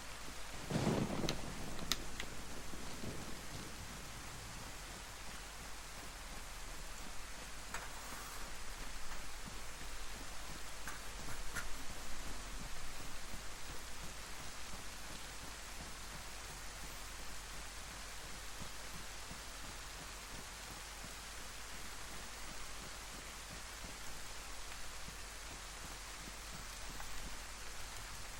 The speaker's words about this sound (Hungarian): Köcsög eső elállhatna.